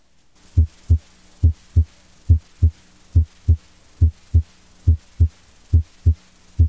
S1 split. A split S1 can often be heard as the stethoscope is inched from the mitral area toward the tricuspid area. Normally, M1 is heard before T1. This split is easier to hear during expiration. Now listen to the M1 and T1 components of S1.